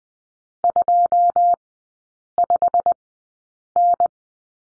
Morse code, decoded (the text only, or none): 25N